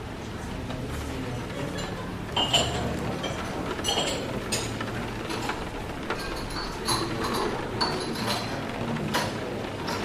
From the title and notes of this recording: Rainy Day Coffee Shop Ambience | Rain Sounds & Cafe Atmosphere. Rain patters on the window, people chatter quietly at their tables, and cups filled with warm coffee clink behind the bar.